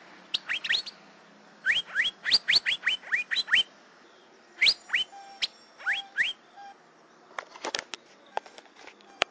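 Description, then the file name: Asian fairy-bluebird calls: short, sharply rising whistled notes in quick bursts, with pauses between groups, over soft clicks and a few steady lower tones. "suara kacembang gadung"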